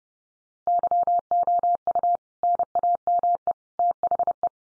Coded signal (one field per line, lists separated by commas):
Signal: Morse code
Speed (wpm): 28 wpm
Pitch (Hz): 700 Hz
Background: none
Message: YOU NAME THE